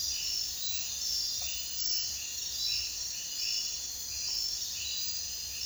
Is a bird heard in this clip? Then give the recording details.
no. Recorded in dense forest near Puerto Asís, Putumayo, Colombia, on 22 June 2025 at 02:30. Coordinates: 0.466, -76.327. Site GP04